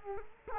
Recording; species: mosquito wingbeat signal from an infrared sensor; Culex quinquefasciatus